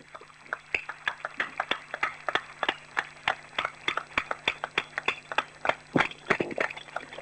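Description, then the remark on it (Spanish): Audience applause in tribute to activist Nilda Eloy: a steady stream of sharp, crisp claps at a fairly even, brisk rhythm, moderately loud and continuing for several seconds over a faint low hum. “Fuerte abrazo y un aplauso enorme para la compañera Nilda Eloy, siempre presente en la lucha del pueblo.”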